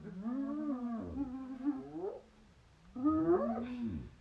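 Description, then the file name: Hyena calls: two drawn-out harmonic whoops, the first wavering then rising sharply, a brief pause, then a second rising and falling cry. "Hyenes"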